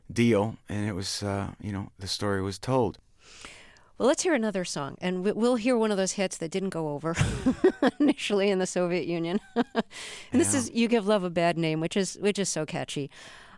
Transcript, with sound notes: And it was, you know, the story was told.
Well, let's hear another song and we'll hear one of those hits that didn't go over (laughter) initially in the Soviet Union (laughter). And this is "You Give Love A Bad Name" which is so catchy.